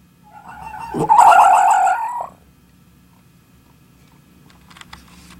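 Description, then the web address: Fox giving one harsh, wavering scream lasting about a second, followed by quiet low hum and a few faint rustles. Fox 'talking' sounds. "odglos lisa mowienie"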